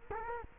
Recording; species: mosquito wingbeat signal from an infrared sensor; Culex quinquefasciatus